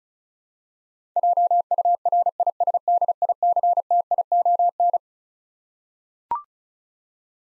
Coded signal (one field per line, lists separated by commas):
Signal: Morse code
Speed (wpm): 36 wpm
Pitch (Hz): 700 Hz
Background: none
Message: JURISDICTION